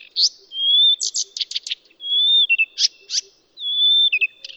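Blyth's reed warbler song: clear sustained whistles alternating with quick harsh chattering notes, the whistle-then-chatter pattern repeating three times in a few seconds.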